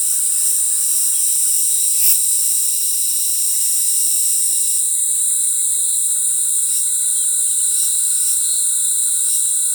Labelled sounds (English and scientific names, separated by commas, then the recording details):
none
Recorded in forest near Pivijay, Magdalena, Colombia, on 13 April 2023 at 08:00
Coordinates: 10.467, -74.380
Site Z5-G034